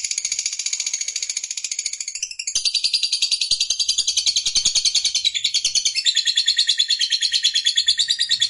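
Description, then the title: Lovebird song: shrill, rapid chirping that jumps into a louder, denser buzzy chatter after a couple of seconds and keeps going nonstop. Lovebird of fighter type, singing energetically (gacor). "Berkat SUARA Lovebird FIGHTER GACOR Ini"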